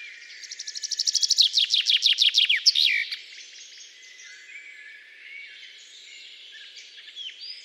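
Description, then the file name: Common chaffinch song: a bright trill of descending notes ending in a quick flourish, lasting about two and a half seconds, followed by softer background bird chatter. "Fringilla coelebs"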